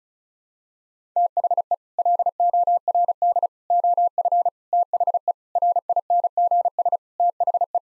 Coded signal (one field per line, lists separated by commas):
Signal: Morse code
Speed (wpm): 36 wpm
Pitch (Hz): 700 Hz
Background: none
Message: THE LORD OF THE RINGS THE